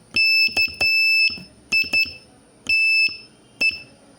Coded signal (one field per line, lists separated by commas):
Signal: Morse code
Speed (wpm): 11 wpm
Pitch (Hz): 2650 Hz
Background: none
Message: KITE